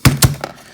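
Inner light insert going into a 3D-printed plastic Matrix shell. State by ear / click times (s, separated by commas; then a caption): not seated / none. An inner light insert is pressed into a 3D-printed plastic Matrix shell, making two solid thunks at 0.1 s and 0.2 s and a lighter tap at 0.4 s. The insert fails to click into place, and nothing has seated or clicked yet.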